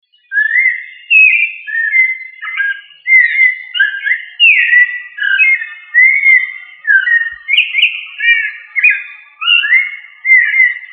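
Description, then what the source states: Thrush song, a continuous flowing stream of varied whistled and warbled phrases, with rising and falling slurs repeated steadily throughout on a quiet background. Family Turdidae, locally called sabiá.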